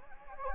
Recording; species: mosquito wingbeat signal from an infrared sensor; Anopheles gambiae